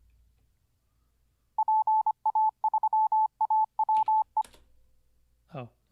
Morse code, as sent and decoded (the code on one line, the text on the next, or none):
.--. .- ...-- .- .-- .
PA3AWE